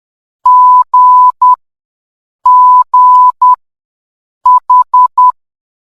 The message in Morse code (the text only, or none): G G H